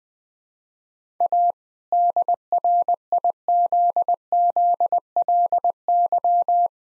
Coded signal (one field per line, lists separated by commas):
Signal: Morse code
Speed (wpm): 20 wpm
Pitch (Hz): 700 Hz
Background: none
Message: A DRIZZLY